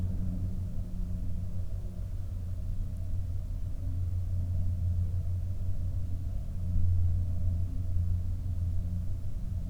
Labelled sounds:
aircraft
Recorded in the Prudhoe Bay oil fields, Alaska, on 6 August 2019 at 11:19
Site 23

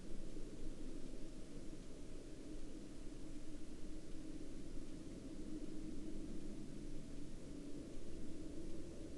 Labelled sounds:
near silence
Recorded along the Dalton Highway, Alaska, on 14 October 2019 at 10:44
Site 09

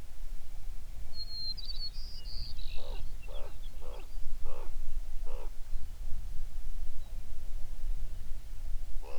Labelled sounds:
songbird, corvid
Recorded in the Prudhoe Bay oil fields, Alaska, on 11 June 2019 at 05:06
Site 21

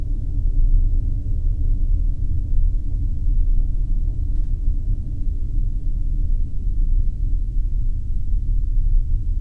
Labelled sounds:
man-made sound
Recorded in the Arctic National Wildlife Refuge, Alaska, on 3 September 2019 at 11:56
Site 39

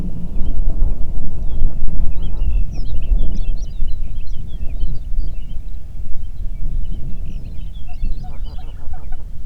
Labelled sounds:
songbird, waterfowl, wind
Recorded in the Prudhoe Bay oil fields, Alaska, on 8 June 2019 at 05:24
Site 30

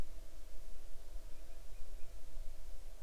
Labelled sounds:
bird, insects
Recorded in the Arctic National Wildlife Refuge, Alaska, on 6 July 2019 at 00:03
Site 39

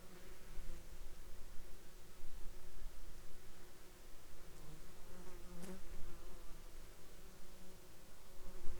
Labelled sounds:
insects
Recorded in the Arctic National Wildlife Refuge, Alaska, on 17 July 2021 at 09:00
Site 33

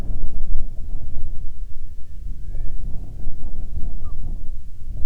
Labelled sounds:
bird, wind
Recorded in the Prudhoe Bay oil fields, Alaska, on 7 August 2019 at 14:13
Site 17

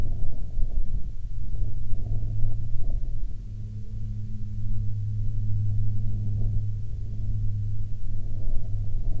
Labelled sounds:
wind, aircraft
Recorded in the Prudhoe Bay oil fields, Alaska, on 10 June 2019 at 17:54
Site 16

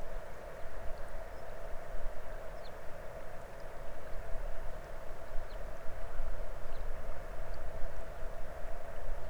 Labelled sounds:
songbird, water
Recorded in the Arctic National Wildlife Refuge, Alaska, on 22 May 2019 at 00:30
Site 33

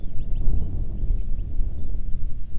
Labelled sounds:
wind
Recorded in the Prudhoe Bay oil fields, Alaska, on 10 July 2019 at 09:26
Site 11

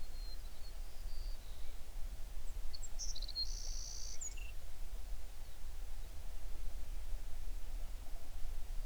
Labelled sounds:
songbird
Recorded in the Prudhoe Bay oil fields, Alaska, on 11 June 2019 at 05:45
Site 21

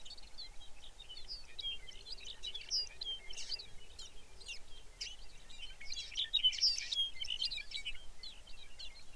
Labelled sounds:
songbird, shorebird
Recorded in the Arctic National Wildlife Refuge, Alaska, on 23 May 2019 at 05:12
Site 49

